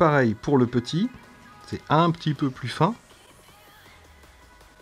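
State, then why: Not seated. A small, thinner wire connector is being fitted by hand into a bare GoPro Hero 7 Black camera board. Someone talks over it for about three seconds, then the sound drops to a quiet hum. Nothing has seated or clicked yet.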